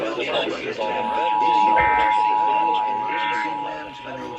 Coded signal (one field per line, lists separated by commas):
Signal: Emergency Alert System (SAME) tones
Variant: 853 and 960 Hz attention tone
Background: speech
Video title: National Periodic Test 10/4/23 [EAS #350-359]